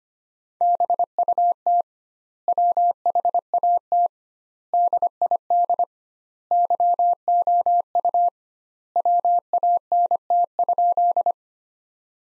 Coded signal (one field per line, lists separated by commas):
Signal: Morse code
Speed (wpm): 25 wpm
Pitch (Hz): 700 Hz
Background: none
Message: BUT WHAT DID YOU WANT?